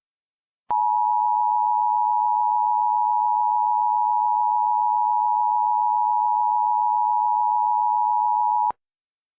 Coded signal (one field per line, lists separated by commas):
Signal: Emergency Alert System (SAME) tones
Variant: 853 and 960 Hz attention tone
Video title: *VALID TONES* Cracking Earth (EAS Scenario)